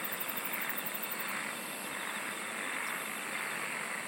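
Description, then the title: Insects calling with rapid, very high pulse trains, then brief shrill buzzes, all over a constant hissing background. "SINGING OF INSECTS"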